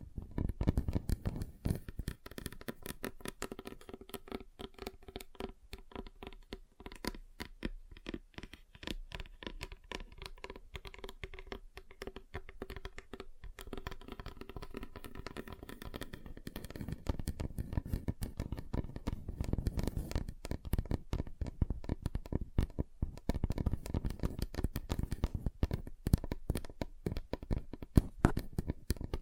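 Rapid, dense finger tapping on a table runs throughout, with tones shifting between surfaces and the taps growing louder after about sixteen seconds.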